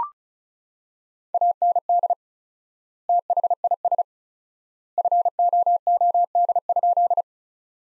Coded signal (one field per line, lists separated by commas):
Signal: Morse code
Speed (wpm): 34 wpm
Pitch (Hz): 700 Hz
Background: none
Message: AND THIS FOOD?